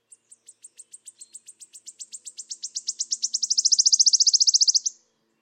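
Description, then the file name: Wood warbler singing a high stuttering series that accelerates and swells into a dry, shimmering trill, then stops abruptly, leaving quiet. "Mathias Ritschard - Penochka-trecshotka Phylloscopus sibilatrix"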